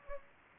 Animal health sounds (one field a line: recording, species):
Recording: mosquito wingbeat signal from an infrared sensor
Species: Anopheles gambiae